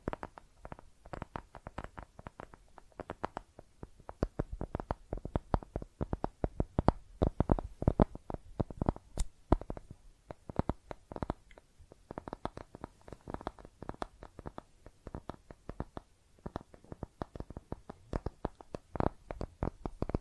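Makeup tapping and scratching: a dense, uneven run of quick taps and clicks fills all twenty seconds, mostly crisp and bright with some dull thuds. Bursts come in fast clusters with brief pauses, and a soft scratchy hiss sits underneath.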